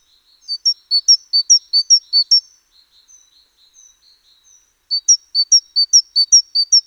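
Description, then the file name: Great tit repeating sharp two-note pairs in a steady run, then faint scattered twitters, then the ringing paired phrase resumes. "Parus major"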